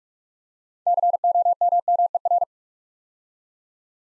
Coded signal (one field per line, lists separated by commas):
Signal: Morse code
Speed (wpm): 44 wpm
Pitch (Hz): 700 Hz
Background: none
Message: COMMER